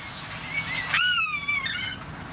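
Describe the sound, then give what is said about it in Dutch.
A starling mimics a common buzzard's call: one drawn-out, high whistled mew that slides downward in pitch, with faint chattering notes before and after over a steady background hiss. “Dus ik benoem even de meest opvallende imitaties. Ja. Dat begint met een buizerd nu.”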